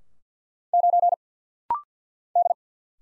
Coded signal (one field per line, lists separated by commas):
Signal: Morse code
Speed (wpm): 50 wpm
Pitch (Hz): 700 Hz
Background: none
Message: 9 D